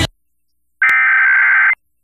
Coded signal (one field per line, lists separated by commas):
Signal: Emergency Alert System (SAME) tones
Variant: header bursts